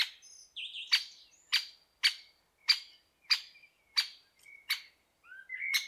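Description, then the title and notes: Great spotted woodpecker sounding a series of about eight sharp, explosive 'kik' notes; faint whistles of other birds at the start and end. "Great spotted woodpecker. Большой пёстрый дятел by deepsweet"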